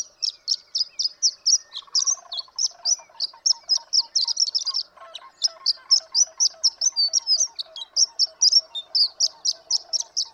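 Horned lark singing a fast series of high, thin chips and tinkles, with a fainter, lower chattering sound underneath through most of it.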